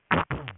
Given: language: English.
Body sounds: throat vibration sensor signal played as sound; throat clearing

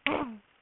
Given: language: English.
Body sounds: throat vibration sensor signal played as sound; throat clearing

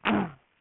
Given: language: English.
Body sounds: throat vibration sensor signal played as sound; throat clearing

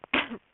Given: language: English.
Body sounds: throat vibration sensor signal played as sound; cough

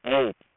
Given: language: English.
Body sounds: throat vibration sensor signal played as sound; speech

